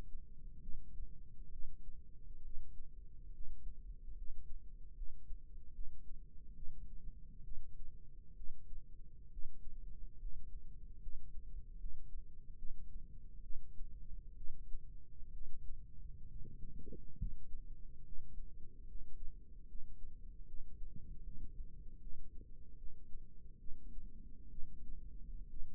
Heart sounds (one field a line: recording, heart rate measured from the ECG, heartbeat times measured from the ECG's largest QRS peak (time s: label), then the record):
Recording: heart sounds by microphone in the left ear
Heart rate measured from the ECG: 70 bpm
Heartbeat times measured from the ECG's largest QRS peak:
0.61 s: heartbeat
1.50 s: heartbeat
2.43 s: heartbeat
3.32 s: heartbeat
4.15 s: heartbeat
4.95 s: heartbeat
5.73 s: heartbeat
6.54 s: heartbeat
7.43 s: heartbeat
8.35 s: heartbeat
9.30 s: heartbeat
10.18 s: heartbeat
11.00 s: heartbeat
11.78 s: heartbeat
12.56 s: heartbeat
13.42 s: heartbeat
14.35 s: heartbeat
15.32 s: heartbeat
16.27 s: heartbeat
17.17 s: heartbeat
18.03 s: heartbeat
18.86 s: heartbeat
19.66 s: heartbeat
20.46 s: heartbeat
21.22 s: heartbeat
21.99 s: heartbeat
22.76 s: heartbeat
23.58 s: heartbeat
24.49 s: heartbeat
25.48 s: heartbeat
From the record:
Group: healthy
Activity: cold pressor test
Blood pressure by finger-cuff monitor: 138/64 mmHg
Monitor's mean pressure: 88 mmHg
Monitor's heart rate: 71 bpm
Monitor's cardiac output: 6.9 L/min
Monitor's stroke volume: 99 mL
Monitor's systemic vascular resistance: 900 dyn s/cm5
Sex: female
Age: 37 years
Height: 168 cm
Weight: 70 kg